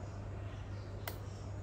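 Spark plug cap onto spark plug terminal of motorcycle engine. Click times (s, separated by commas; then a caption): 1.1 s. A rubber spark plug boot is pushed down onto a newly installed spark plug on an Indian ThunderStroke motorcycle cylinder. Over a steady low hum, one sharp click sounds at 1.1 s as the cap snaps onto the plug terminal, and it is seated.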